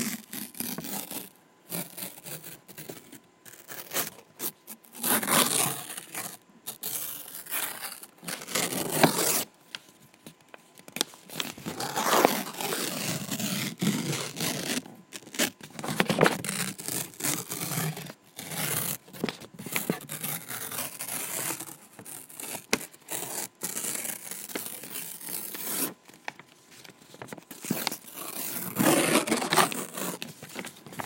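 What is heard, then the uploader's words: Paper is ripped and torn in a series of bright, crackling bursts, some short and some drawn out over a second or two, with brief pauses between them. Soft crinkling and rubbing fill the gaps. Ambient ASMR - Ripping Paper. Paper ripping and tearing.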